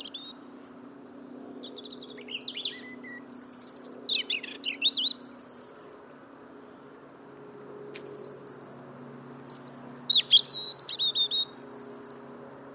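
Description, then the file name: European robin song: bursts of thin, high, tumbling warbled phrases separated by short pauses, over a steady low hum. "Erithacus rubecula"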